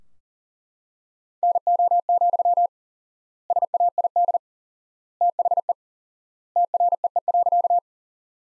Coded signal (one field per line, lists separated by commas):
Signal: Morse code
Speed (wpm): 40 wpm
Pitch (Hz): 700 Hz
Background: none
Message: NO, SAID THE TREE.